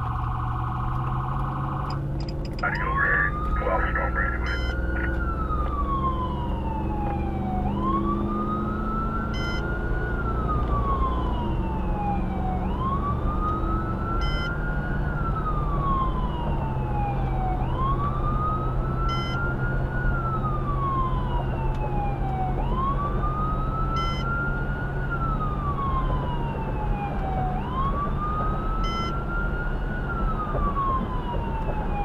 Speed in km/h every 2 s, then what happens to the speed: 31, 45, 58, 71, 79, 90, 95, 97, 100, 100, 100, 101, 105, 106, 108, 108.
0-32 speeds up to 108.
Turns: none.